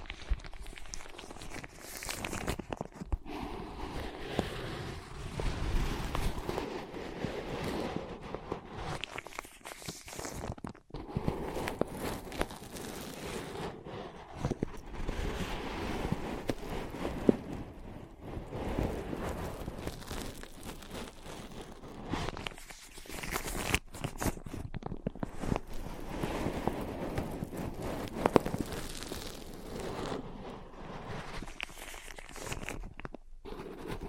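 Dense, continuous tapping and scratching on ear pads, with quick irregular taps, rubbing strokes and brief pauses near 11 and 23 seconds.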